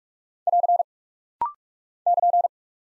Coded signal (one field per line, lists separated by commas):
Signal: Morse code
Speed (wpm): 46 wpm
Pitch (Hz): 700 Hz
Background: none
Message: <AR> <KN>